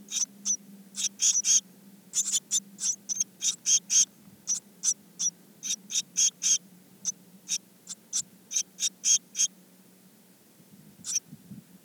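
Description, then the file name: Eurasian blue tit calls: a long run of rapid, high, thin notes, about four a second, briefly pausing before a final lone note, with a steady low hum beneath. "Cyanistes caeruleus"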